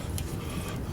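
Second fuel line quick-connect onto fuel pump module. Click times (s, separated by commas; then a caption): 0.2 s. The second fuel line quick-connect is pushed onto the fuel pump module of a Lincoln Town Car during a fuel pump replacement, and a short, sharp click is heard at 0.2 s over a steady low rumble. The connector clicks on and is seated.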